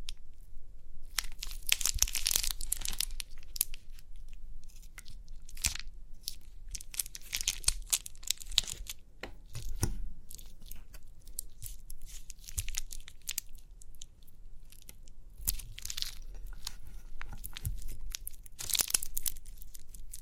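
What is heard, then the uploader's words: Crinkly pimple popping: dense bursts of sharp, bright crackling and crunching come in irregular clusters throughout, strongest around two, eight and nineteen seconds. Between bursts there are brief quieter gaps, with a faint low rumble underneath and occasional soft thumps. Crinkly Pimple Popping.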